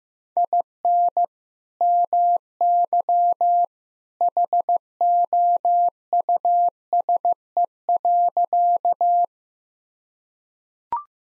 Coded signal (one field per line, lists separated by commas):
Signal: Morse code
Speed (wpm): 15 wpm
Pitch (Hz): 700 Hz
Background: none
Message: IN MY HOUSE.